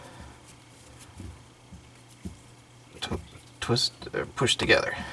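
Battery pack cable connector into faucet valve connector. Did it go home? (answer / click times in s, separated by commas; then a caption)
no / none. The battery pack cable connector for a KOHLER Malleco touchless kitchen faucet is handled and lined up with the faucet valve connector, ready to be twisted or pushed together. Faint handling rustles sit over a low, steady hum, and someone talks in the second half. Nothing has seated or clicked yet.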